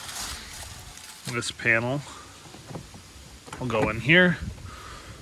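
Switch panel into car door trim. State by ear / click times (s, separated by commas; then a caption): not seated / none. A door switch panel from a 2013 Honda Fit, removed to fix power locks that keep locking, is handled beside its opening in the plastic door trim while someone talks over a low background hiss. A small soft tap is heard near 1.0 s, but nothing has seated or clicked yet.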